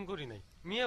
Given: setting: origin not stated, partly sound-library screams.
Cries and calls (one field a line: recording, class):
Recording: one-second piece from a danger detection set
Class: normal situation